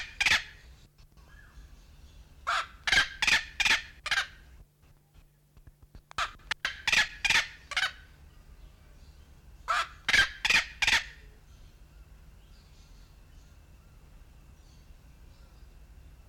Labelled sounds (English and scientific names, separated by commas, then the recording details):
Black-legged Seriema (Chunga burmeisteri) call
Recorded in captivity
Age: adult
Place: Zoo Berlin, Berlin, DE
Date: 1993-08-04 18:44
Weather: heiter,25°C
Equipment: Marantz CP 430, Sennheiser ME 80, Kopie Uher Variocord 263
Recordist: Tembrock, Günter